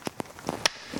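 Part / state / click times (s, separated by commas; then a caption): replacement tweeter into door trim housing / seated / 0.7 s. A new silk composite replacement tweeter is pressed into the factory tweeter housing in the door trim of a 2004 BMW 6 Series Convertible (E64), a tight fit. A few soft taps and handling noises lead up to a sharp snap at 0.7 s as the tweeter seats in its mount.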